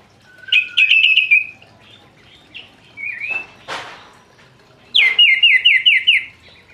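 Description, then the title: Orange-headed thrush song: rapid trilled phrases of repeated slurred notes, with a brief rising whistle and a noisy rasp between phrases. Singing bird in full, vigorous song; the song style is called "gacor ngeplong". "Anis Kembang Gacor Ngeplong Istimewa Suara Burung"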